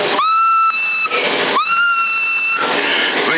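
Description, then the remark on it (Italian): A person whistles into a CB radio microphone to test transmit power, peaking at 20 watts on a wattmeter: two steady, high tones, each swooping up quickly then holding one pitch, the second one longer, with loud hissy static filling the gaps. “Quando fischio una scala a 100 va a 20 watt.”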